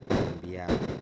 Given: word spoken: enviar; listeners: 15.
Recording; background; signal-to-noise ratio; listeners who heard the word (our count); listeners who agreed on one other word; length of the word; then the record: one Spanish word in noise, from a listening test; noise modulated by one talker; -8.1 dB; 6 of 15; 9 of 15; 0.61 s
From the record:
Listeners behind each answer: 9, 6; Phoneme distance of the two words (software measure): 17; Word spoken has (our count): 2 syllables, 6 phonemes, stress on syllable 2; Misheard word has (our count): 2 syllables, 7 phonemes, stress on syllable 2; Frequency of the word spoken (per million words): 20.98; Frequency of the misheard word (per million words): 76.32